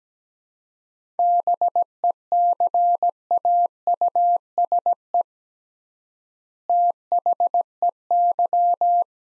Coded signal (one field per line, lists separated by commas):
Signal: Morse code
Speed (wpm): 17 wpm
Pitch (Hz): 700 Hz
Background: none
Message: BECAUSE THEY